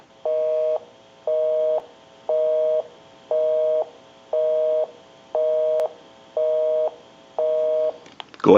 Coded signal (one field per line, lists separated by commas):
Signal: telephone call progress tone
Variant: North America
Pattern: busy tone